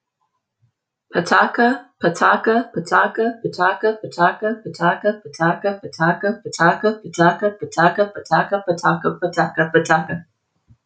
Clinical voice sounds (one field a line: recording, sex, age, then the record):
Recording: repeated syllables /pa ta ka/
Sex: female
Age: 20 to 29 years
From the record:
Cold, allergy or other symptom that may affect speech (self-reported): no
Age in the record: 28 years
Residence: Texas, United States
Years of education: 12